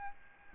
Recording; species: mosquito wingbeat signal from an infrared sensor; Aedes albopictus